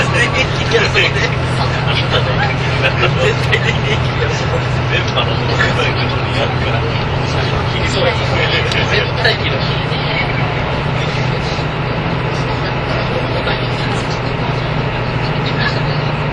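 Inside a vehicle on the journey from Nagoya to Toyama, a steady low engine drone and rumble hold constant throughout. Murmured voices run underneath, with small rattles and clicks scattered across the sixteen seconds, slightly busier in the first half.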